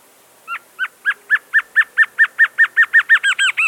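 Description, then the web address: Black-crested antshrike song: many hooked notes that quicken into a dense, slightly higher ending. South America. "Natures Songs S America Black-Crested Antshrike"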